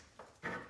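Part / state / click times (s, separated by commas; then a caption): retaining clip into the groove on the CV axle joint / seated / 0.5 s. A metal retaining clip on the CV axle joint of a King Quad 750 ATV is pushed into its groove on the shaft during a CV boot replacement after the boot ripped. A faint tap sounds at 0.2 s, then a louder, longer snap at 0.5 s as the clip seats in the groove.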